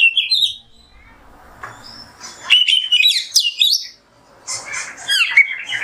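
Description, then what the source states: Oriental magpie-robin song of slurred whistles and harsh, buzzy phrases, with a quieter gap in the middle and a busy burst closing the sequence. Indonesian masteran (tutor recording for training kept birds), song in the 'nembak' style.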